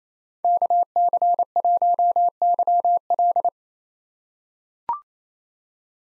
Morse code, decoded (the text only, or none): KC1YL